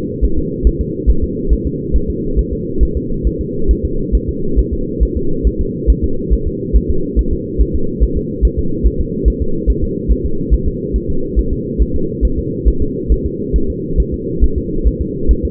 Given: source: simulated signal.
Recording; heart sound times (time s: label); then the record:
fetal heart sounds
0.25 s: S1
0.38 s: S2
0.67 s: S1
0.81 s: S2
1.10 s: S1
1.24 s: S2
1.53 s: S1
1.67 s: S2
1.96 s: S1
2.10 s: S2
2.39 s: S1
2.53 s: S2
2.83 s: S1
2.97 s: S2
3.27 s: S1
3.41 s: S2
3.71 s: S1
3.85 s: S2
4.15 s: S1
4.29 s: S2
4.59 s: S1
4.73 s: S2
5.03 s: S1
5.17 s: S2
5.47 s: S1
5.61 s: S2
5.90 s: S1
6.04 s: S2
6.33 s: S1
6.47 s: S2
6.76 s: S1
6.90 s: S2
7.19 s: S1
7.33 s: S2
7.61 s: S1
7.75 s: S2
8.03 s: S1
8.17 s: S2
8.45 s: S1
8.59 s: S2
8.87 s: S1
9.01 s: S2
9.28 s: S1
9.42 s: S2
9.70 s: S1
9.84 s: S2
10.12 s: S1
10.25 s: S2
10.54 s: S1
10.68 s: S2
10.96 s: S1
11.10 s: S2
11.39 s: S1
11.53 s: S2
11.82 s: S1
11.96 s: S2
12.25 s: S1
12.39 s: S2
12.68 s: S1
12.82 s: S2
13.12 s: S1
13.26 s: S2
13.56 s: S1
13.70 s: S2
14.00 s: S1
14.14 s: S2
14.44 s: S1
14.58 s: S2
14.87 s: S1
15.01 s: S2
15.31 s: S1
15.45 s: S2
From the record:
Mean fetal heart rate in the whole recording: 140 bpm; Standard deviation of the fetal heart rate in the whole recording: 2 bpm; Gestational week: 34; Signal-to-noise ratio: -8.1 dB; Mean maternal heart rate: 72 bpm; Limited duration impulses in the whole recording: absent